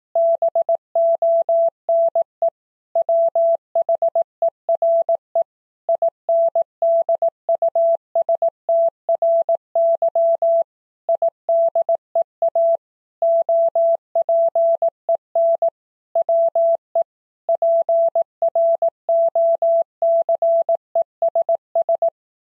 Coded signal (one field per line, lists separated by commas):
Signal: Morse code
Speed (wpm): 18 wpm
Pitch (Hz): 670 Hz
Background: none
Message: BONE WHERE INDUSTRY IDEA OPEN WE PROCESS